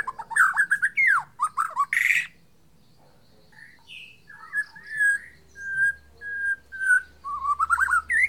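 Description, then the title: White-rumped shama singing varied whistled phrases and a harsh burst, then a pause before slower clear whistles and a warbling rising phrase. Bornean form of the white-rumped shama. "MURAI BORNEO MAS KIKI"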